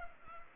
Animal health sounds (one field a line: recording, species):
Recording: mosquito wingbeat signal from an infrared sensor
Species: Culex pipiens